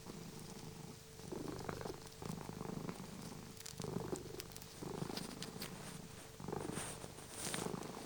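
Cat purring in low, rumbling waves that swell and fade, with a faint steady hum running underneath.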